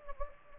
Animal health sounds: mosquito wingbeat signal from an infrared sensor; Anopheles gambiae

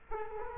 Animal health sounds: mosquito wingbeat signal from an infrared sensor; Culex quinquefasciatus

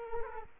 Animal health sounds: mosquito wingbeat signal from an infrared sensor; Culex quinquefasciatus

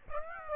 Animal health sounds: mosquito wingbeat signal from an infrared sensor; Aedes aegypti

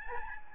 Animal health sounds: mosquito wingbeat signal from an infrared sensor; Aedes albopictus

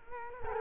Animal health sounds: mosquito wingbeat signal from an infrared sensor; Culex quinquefasciatus

